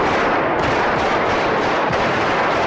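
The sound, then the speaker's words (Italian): Rapid bursts of gunfire crackle in a dense, continuous roar of noise, with sharper volleys standing out around the middle and near the end, fired in the Spanish parliament during an attempted coup. No one speaks. “Avete sentito delle esplosioni? Questo era il sonoro del tentato golpe del colonnello Antonio Tejero”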